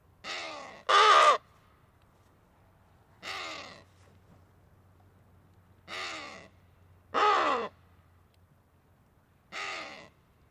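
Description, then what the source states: Wattled ibis giving six loud, rasping, crow-like calls, the first two in quick succession and the rest spaced a few seconds apart, with a low hum underneath. Small group of wattled ibises feeding on crags on the Sanetti Plateau.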